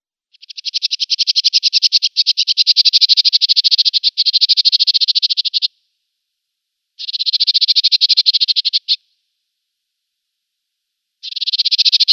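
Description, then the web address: African desert warbler giving dry, fast rattling trills of a few seconds each, separated by short silent gaps. "Schulze Peter African Desert Warbler"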